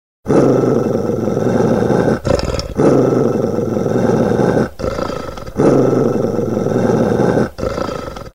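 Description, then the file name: Dog growling in deep, rough, rumbling bursts, each lasting about two seconds and repeated with short breaks. "rycanie sobaki"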